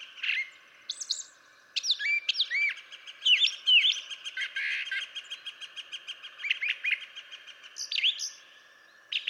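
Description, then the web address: Brown Thrasher song of varied whistled and rasping phrases, many repeated twice in a row, with only short pauses. "birdsongforthecurious Brown Thrasher"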